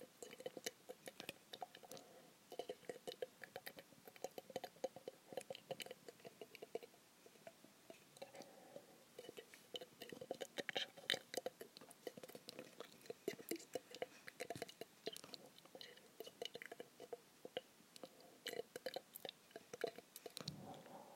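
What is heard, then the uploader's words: Mouth sounds made into a paper cup: a steady stream of wet tongue clicks, smacks and quick "kdkdkd" patters, dense and irregular throughout. Brief hushed whispery stretches slip between the clicks, and a few sharper, louder pops stand out near the middle and end. Mouth sounds in a cup ASMR.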